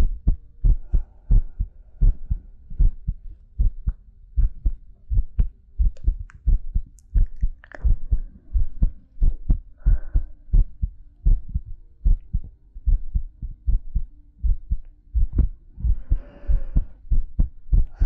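Steady low thumping heartbeat at roughly 88 beats a minute, paired lub-dub sounds, with soft breathing rising and falling in the background, heard close up in ASMR style.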